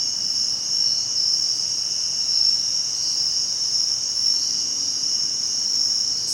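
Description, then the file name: Cricket singing in a continuous shrill drone that holds steady throughout, with a thinner higher band and faint background hiss. Recorded at Herring Run during a cricket crawl survey on 7 September 2016. "thomas wilson Herring Run Cricket Crawl"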